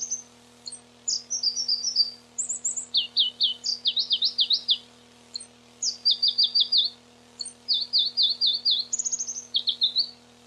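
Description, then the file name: Pallas's leaf warbler singing almost continuously: thin high notes, buzzy rolling trills and repeated falling slurs in varied phrases, accompanied by a quiet constant hum. Recorded 29 June 1994. "29 06 94 Pproregulus"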